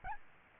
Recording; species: mosquito wingbeat signal from an infrared sensor; Aedes albopictus